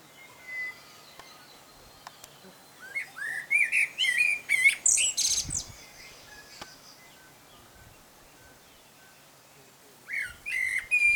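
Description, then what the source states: Common blackbird song: a phrase of warbling whistles ending in high squeaky notes, then a long pause and the start of a second phrase, with a faint whistle early on. Male singing.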